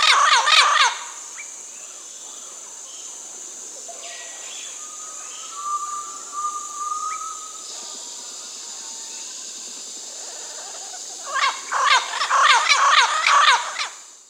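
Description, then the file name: Yellow-crowned parrot squawking in a brief harsh burst, then a long hissing lull with a faint whistle, before another rough run of repeated squawks. Recorded in Peru, Amazon region. "Yellow-crowned Parrot (Amazona ochrocephala), Peru"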